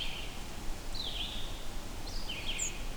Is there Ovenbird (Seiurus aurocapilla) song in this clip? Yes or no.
no